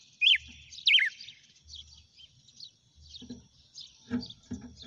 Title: Canto Galo Campina Fêmea 07. GALO DE CAMPINA CANTANDO e BATENDO FOGO?